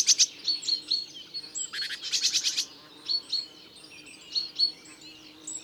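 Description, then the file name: Great tit calls: high thin notes and chips, broken by a rapid run of harsh buzzy pulses near the middle, with quiet background noise. "Parus major"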